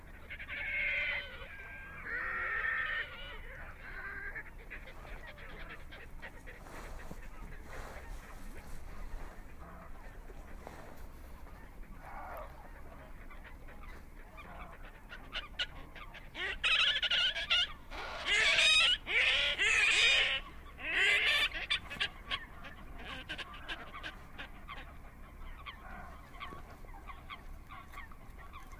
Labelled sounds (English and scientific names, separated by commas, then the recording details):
Red-necked Grebe (Podiceps grisegena) call
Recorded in the wild
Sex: diverse
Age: adult
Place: Kützerhof, Kummerower See, Mecklenburg-Vorpommern, DE
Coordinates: 53.8544, 12.8656
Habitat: wetland
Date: 2011-04-18 23:10
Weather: clear, full moon, 10°C, weak northerly winds
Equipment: Sound Devices 702, Sennheiser MKH 70, Rycote Windschutz
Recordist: Frommolt, Karl-Heinz